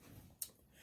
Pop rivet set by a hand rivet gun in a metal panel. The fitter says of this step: you push down and you squeeze okay keep going until it snaps with getting the mandrel out